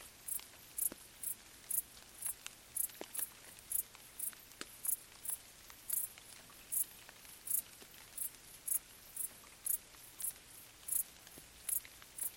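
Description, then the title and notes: Shrill cricket chirps recur evenly about twice a second, while scattered raindrops tick and patter on surrounding leaves. Crickets stridulating late on a summer night during gentle rain on vegetation, along an abandoned railway track in Bad Boll, Baden-Württemberg, with the nearby village silent. "Crickets in gentle summer rain. crickets stridulating late at night whilst gentle summer rain falls on the surrounding vegetation. abandoned railway track in Bad Boll, Baden-Württemberg. Colin Hunter. Music for Sleep"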